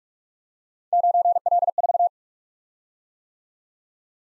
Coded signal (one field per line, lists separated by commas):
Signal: Morse code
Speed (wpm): 42 wpm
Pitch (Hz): 700 Hz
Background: none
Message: 9L4